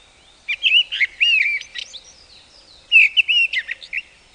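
Mistle thrush singing two short, loud, fluty warbled phrases separated by a pause of about a second, in a quiet background.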